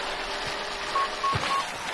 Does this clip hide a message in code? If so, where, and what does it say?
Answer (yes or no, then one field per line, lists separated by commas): no